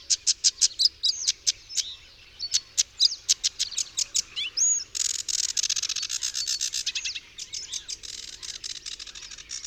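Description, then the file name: Sedge warbler song: a run of sharp, dry ticking notes with a quick rising whistle near its end, then a dense, scratchy chatter. "Rokitniczka"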